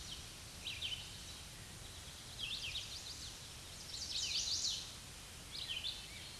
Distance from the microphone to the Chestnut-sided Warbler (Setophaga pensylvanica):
about 20 m